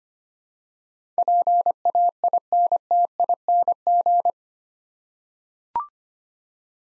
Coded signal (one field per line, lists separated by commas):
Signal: Morse code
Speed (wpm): 25 wpm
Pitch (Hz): 700 Hz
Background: none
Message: PAINTING